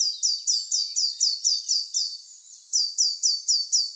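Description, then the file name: Eurasian blue tit: a run of sharp high downslurred notes, a brief pause, then several more at the same quick rhythm. "Cyanistes caeruleus"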